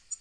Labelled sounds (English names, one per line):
Black-throated Green Warbler flight call